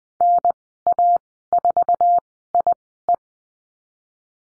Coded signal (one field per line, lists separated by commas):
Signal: Morse code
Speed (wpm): 20 wpm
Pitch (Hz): 700 Hz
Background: none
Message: NA4IE